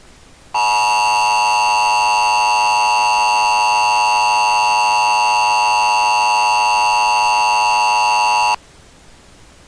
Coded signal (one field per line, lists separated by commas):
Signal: Emergency Alert System (SAME) tones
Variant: 853 and 960 Hz attention tone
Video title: Alerta oficial del SNM en San Juan 14-08-24 #EAS #tormentatropical #Ernesto #aviso #inundaciones